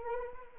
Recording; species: mosquito wingbeat signal from an infrared sensor; Anopheles arabiensis